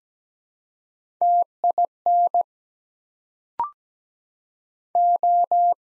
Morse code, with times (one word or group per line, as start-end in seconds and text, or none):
1.2-2.4 TIN
5.0-5.7 O